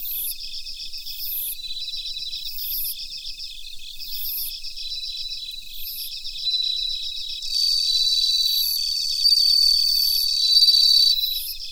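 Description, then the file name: Bell cricket chirps in a rapid rhythmic series, short high bursts recurring regularly, later joined by a louder sustained buzzy tone amid other crickets. Recorded together with Mitsukado cricket. "Suzumushi Mitsukado"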